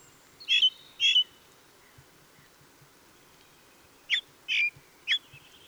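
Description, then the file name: Ring ouzel singing paired and tripled piping notes in two short bursts separated by a pause, over a faint background hiss. Song; recorded on 26 April 2014. "Ringdrossel. Michle Pron"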